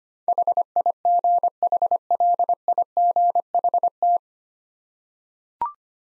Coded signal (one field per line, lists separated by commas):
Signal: Morse code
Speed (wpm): 25 wpm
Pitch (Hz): 700 Hz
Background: none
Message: HIGHLIGHT